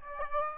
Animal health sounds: mosquito wingbeat signal from an infrared sensor; Aedes aegypti

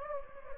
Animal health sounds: mosquito wingbeat signal from an infrared sensor; Anopheles gambiae

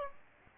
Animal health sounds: mosquito wingbeat signal from an infrared sensor; Aedes aegypti

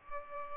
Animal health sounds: mosquito wingbeat signal from an infrared sensor; Culex pipiens

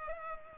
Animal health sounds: mosquito wingbeat signal from an infrared sensor; Culex pipiens

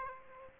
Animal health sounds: mosquito wingbeat signal from an infrared sensor; Aedes aegypti

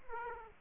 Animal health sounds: mosquito wingbeat signal from an infrared sensor; Aedes aegypti

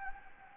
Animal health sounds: mosquito wingbeat signal from an infrared sensor; Anopheles gambiae

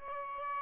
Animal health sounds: mosquito wingbeat signal from an infrared sensor; Aedes albopictus

